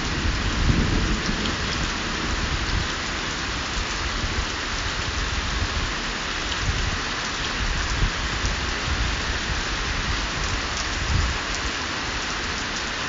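Steady, dense rain hisses across the whole clip, a constant wash with fine scattered patter. Deep rumbling thunder rolls underneath, heaviest in the first few seconds and swelling again around eleven seconds. The level barely changes.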